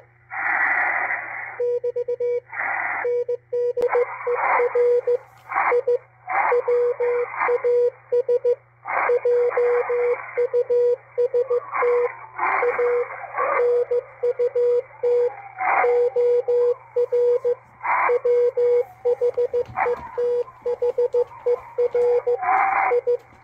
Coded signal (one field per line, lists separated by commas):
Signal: Morse code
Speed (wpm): 15 wpm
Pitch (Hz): 480 Hz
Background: radio noise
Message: <BT> NDER I WAS JUST A NUT OR WHETHER I